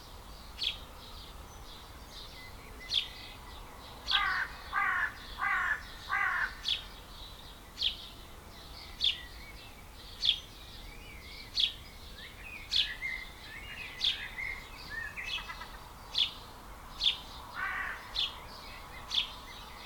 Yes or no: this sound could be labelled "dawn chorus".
yes